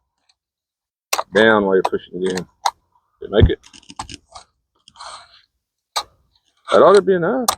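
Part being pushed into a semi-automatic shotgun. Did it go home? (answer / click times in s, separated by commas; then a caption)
no / none. A part is pushed down and into a Savage Model 755A "Streamliner" 12 gauge semi-automatic shotgun while someone talks. Only faint scrapes and light taps come from the gun between the speech. Nothing has clicked into place, and the part will not stay.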